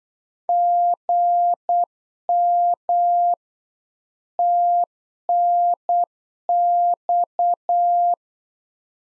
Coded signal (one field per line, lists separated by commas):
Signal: Morse code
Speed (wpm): 8 wpm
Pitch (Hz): 700 Hz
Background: none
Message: GM TNX